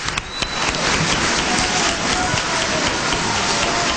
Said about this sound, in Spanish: Vamos a saludar a la periodista María Elvira Samper y al periodista y columnista Rodrigo Pardo, para quienes pedimos un cerrado aplauso por el trabajo realizado en la recientemente clausurada revista Cambio.